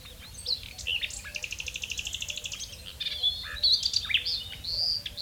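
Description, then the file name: Common nightingale delivering a long, fast, buzzy series of repeated notes, then loud pure whistles and sliding high notes. "Luscinia megarhynchos"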